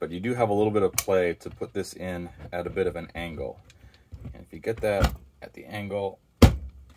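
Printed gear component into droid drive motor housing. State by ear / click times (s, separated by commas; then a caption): seated / 6.4 s. A 3D-printed plastic drive gear is pushed in at an angle with some brute force onto the motor assembly of a droid drive, in a printed gear component going into the droid drive motor housing. Someone talks, and then a sharp snap at 6.4 seconds marks the gear seating into place.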